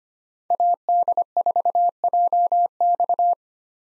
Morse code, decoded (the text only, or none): AD4JX